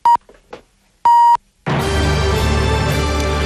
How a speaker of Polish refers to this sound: Szanowni Państwo, za chwilę wybije godzina 8, oznacza to, że pora na serwis trójki. Ten sygnał oznacza, że ten moment nadchodzi.